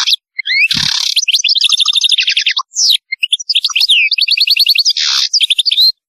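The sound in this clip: European goldfinch song: continuous, fast, high twittering with rapid trilled series, slurred notes and two harsh buzzy bursts, all nearly without pause.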